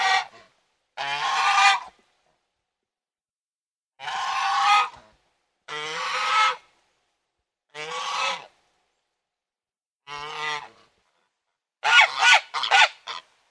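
Domestic goose giving a run of several rasping honks at uneven intervals over silence. The final calls come in a quick, broken burst.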